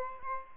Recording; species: mosquito wingbeat signal from an infrared sensor; Aedes albopictus